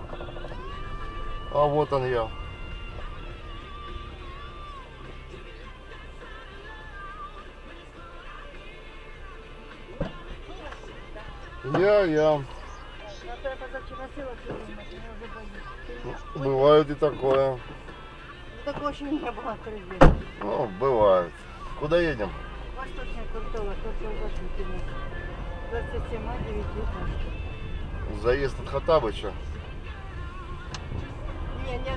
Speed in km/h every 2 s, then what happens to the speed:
5, 5, 1, 0, 0, 0, 0, 0, 0, 0, 0, 0, 10, 15, 12, 13.
4-23 standing. 23-25 pulls away to 15. 25-32 steady at about 13.